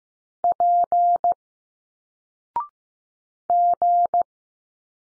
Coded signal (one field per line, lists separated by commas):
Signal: Morse code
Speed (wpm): 15 wpm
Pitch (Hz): 700 Hz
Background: none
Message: P G